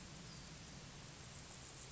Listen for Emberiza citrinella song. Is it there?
no